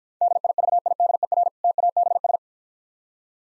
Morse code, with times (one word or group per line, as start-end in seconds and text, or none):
0.2-1.5 DIVIDER
1.6-2.4 TABS